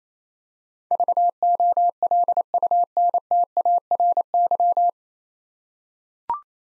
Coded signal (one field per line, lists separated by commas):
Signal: Morse code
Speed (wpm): 28 wpm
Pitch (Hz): 700 Hz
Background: none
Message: VOLUNTARY